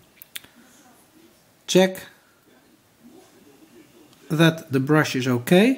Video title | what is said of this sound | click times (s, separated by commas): Decoder installation in a old LGB Stainz loco part 1 | turn the wheel until it snaps on | 0.2 s, 0.4 s